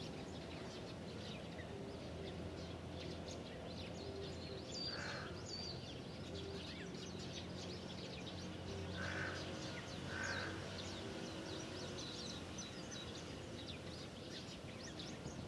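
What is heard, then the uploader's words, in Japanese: Many kinds of birds gather in a big tree in a park, their thin chirps and twitters running densely and steadily throughout. Two sharp whistled calls come near five seconds, and harsher crow-like caws around nine and ten seconds, over a constant low rumble. 公園、鳥がいっぱい。公園にある大きな木にいろんな種類の鳥が集まっていました。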